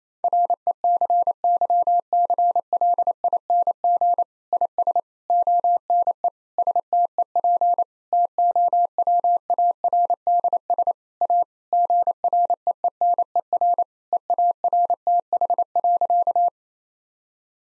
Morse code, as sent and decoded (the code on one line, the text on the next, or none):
.-. . -.-. -.-- -.-. .-.. .. -. --. / .. ... / --- -. . / ... - . .--. / - --- .-- .- .-. -.. ... / .- / --. .-. . . -. . .-. / . .- .-. - .... .-.-.-
RECYCLING IS ONE STEP TOWARDS A GREENER EARTH.